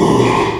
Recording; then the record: squeal of a Yucatan mini pig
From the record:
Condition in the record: after surgery on the right vocal fold (resection and tissue-engineered implant); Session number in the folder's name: 1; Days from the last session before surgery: 6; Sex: male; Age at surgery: 12 weeks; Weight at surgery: 13 kg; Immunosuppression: cyclosporine, prednisolone